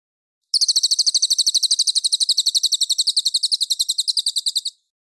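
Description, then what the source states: Mangrove whistler song: a fast, steady trill of sharp high notes running unbroken for roughly four seconds before stopping abruptly. Song described as clear.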